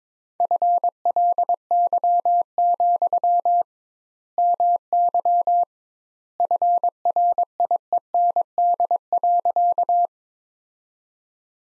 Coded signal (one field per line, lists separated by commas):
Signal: Morse code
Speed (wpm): 22 wpm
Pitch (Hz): 700 Hz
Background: none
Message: FLY, MY FRIEND.